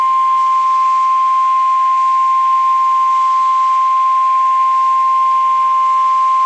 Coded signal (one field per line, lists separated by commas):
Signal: Emergency Alert System (SAME) tones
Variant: 1050 Hz attention tone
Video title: EAS Alert #100 (Severe Thunderstorm Warning)